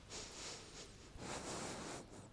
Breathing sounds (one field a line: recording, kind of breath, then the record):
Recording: one breath in and out by a microphone near the nose and mouth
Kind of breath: strong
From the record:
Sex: male